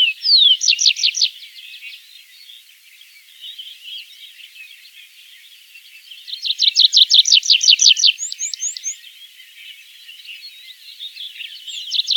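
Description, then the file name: Tree pipit song: two bursts of fast repeated notes separated by quieter twittering, the second followed by a few sharp high notes. "konek lesnojj"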